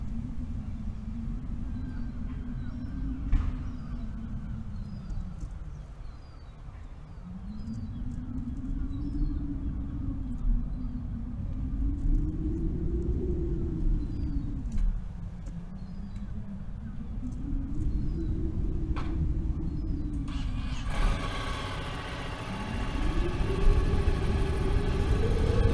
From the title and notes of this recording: This audio track captures the intense and beautiful sound of winds as they sweep across open fields, mountains, and forests.